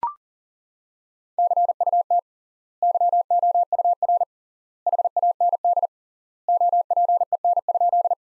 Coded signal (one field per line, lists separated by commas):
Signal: Morse code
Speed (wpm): 37 wpm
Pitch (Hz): 700 Hz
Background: none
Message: CUT YOUR HAND OPEN?